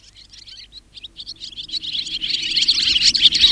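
Barn swallow twitter starting as scattered soft chirps, then swelling into a louder, denser chatter of high, rapid notes by the end.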